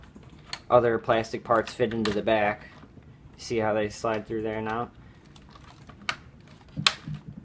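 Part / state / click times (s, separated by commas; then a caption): plastic back cover latches into time clock housing / seated / 6.1 s, 6.9 s. Someone talks while the plastic back cover of a Kronos 4500 digital time clock has its tabs slid into the back housing and is then swung closed. Two sharp clicks at 6.1 s and 6.9 s mark the plastic latches locking into place, seating the back cover.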